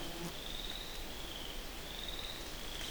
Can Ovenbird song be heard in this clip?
no